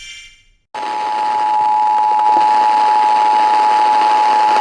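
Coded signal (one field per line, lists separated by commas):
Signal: Emergency Alert System (SAME) tones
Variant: 853 and 960 Hz attention tone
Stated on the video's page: Real child abduction emergency EAS alert received off a 90.7 FM station.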